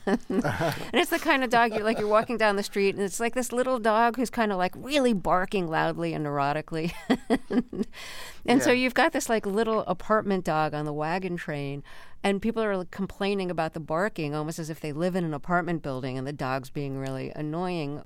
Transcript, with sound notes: And it's the kind of dog you - like, you're walking down the street. And it's, like, this little dog who's kind of, like, really barking loudly and neurotically (laughter). And so you've got this, like, little apartment dog on the wagon train. And people are complaining about the barking almost as if they live in an apartment building, and the dog's being really annoying.